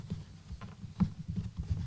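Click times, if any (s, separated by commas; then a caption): none. A urethane plug from an S&B cold air intake (#75-5105, for an 08-10 Ford 6.4L Powerstroke) is handled at the extra inlet hole of the plastic airbox, the hole that faces the engine, which it is meant to block to keep hot air out. Soft, low-pitched handling thumps and rustles are heard, with a sharper knock at about 1.0 s. The clip ends just before the plug goes home, so nothing has seated yet.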